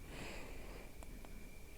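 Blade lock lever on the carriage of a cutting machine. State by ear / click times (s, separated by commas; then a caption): seated / 1.0 s, 1.2 s. On a Silhouette Cameo 5 vinyl cutting machine, with a blade pressed down into the first carriage, the plastic blade-lock lever is pushed back into place. Two small, sharp clicks sound at 1.0 s and 1.3 s over a steady background hiss with a faint high whine. The lock clicks closed, seating the blade.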